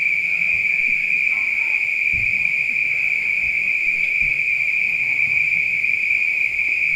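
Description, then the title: Spring peepers in full chorus, a continuous piercing high shrill without gaps, with faint low rumbles and soft knocks underneath. Recorded at night. "neoscenes: night peepers"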